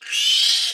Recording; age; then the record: pig call; piglet (1 to 25 days)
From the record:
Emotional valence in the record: negative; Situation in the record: restrain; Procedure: in the arms of a person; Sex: male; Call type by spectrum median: high-frequency call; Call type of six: mixed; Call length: 0.74 s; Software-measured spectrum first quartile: 3114 Hz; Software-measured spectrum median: 3789 Hz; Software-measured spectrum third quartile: 4969 Hz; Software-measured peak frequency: 3041 Hz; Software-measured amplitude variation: 111 dB a second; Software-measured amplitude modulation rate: 27.7 a second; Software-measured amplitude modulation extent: 4.0 dB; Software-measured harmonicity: 2.5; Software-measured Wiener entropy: -2.91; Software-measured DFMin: 1106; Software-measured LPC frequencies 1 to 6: 1811, 3099, 4019, 4838, 5939, 7541 Hz